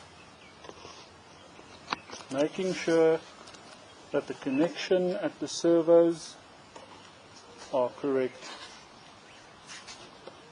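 A wing of an eBee X fixed-wing survey drone is handled against the fuselage wing mount after the servo connection is checked, while someone talks. Brief handling ticks occur around 0.7, 1.9 and 6.8 seconds, but nothing has seated or clicked yet.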